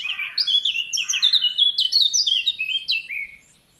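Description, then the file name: Eurasian blackcap singing one continuous, fast warbling phrase of mixed whistled and scratchy notes that rises and falls for about three seconds before fading. "Sylvia atricapilla"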